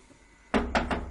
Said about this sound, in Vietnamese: Tiếng gõ cửa dồn dập vang lên.